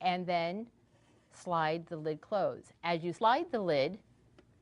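Someone talks while the lid of a Fagor Futuro pressure cooker, lined up with the mark on the handle, is being slid closed onto the cooker body with its automatic locking mechanism. The clip ends before the lid locks, so nothing has seated or clicked yet.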